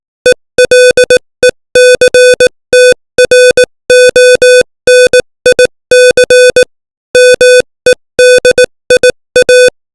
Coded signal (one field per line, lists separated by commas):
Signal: Morse code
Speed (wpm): 18 wpm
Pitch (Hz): 500 Hz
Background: music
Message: ELECTRONIC MEDIA